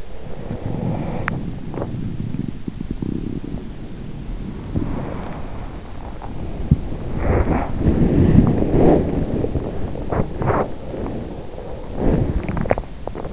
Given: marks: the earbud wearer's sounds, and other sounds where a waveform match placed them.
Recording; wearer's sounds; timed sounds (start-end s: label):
sounds in sleep by an in-ear microphone; breath, body movement, teeth grinding, swallowing
0.00-1.36 s: breath
0.29-13.04 s: body movement
1.59-2.18 s: teeth grinding
12.37-13.33 s: swallowing